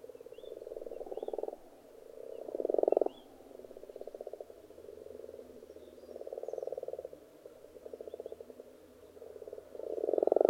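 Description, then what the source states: Chorus of frogs croaking in repeated waves of rattling pulses, with louder bursts every few seconds. Frogs in a pond.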